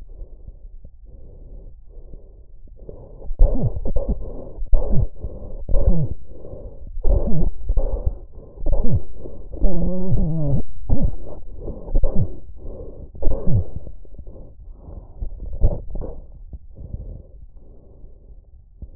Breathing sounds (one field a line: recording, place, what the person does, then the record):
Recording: lung sounds by stethoscope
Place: trachea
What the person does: quiet breathing, then cough and speech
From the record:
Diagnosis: COPD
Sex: male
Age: 72 years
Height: 172 cm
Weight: 58.6 kg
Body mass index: 19.8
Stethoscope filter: extended mode